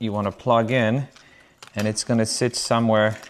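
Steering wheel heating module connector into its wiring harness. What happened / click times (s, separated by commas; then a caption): The connector is handled but has not clicked home yet / none. A steering wheel heating module's wiring connector is being handled behind the wheel of a BMW LCI during a steering wheel swap, ready to be plugged into its wiring harness. Someone talks throughout, with soft handling sounds in a quiet gap. Nothing has seated or clicked yet.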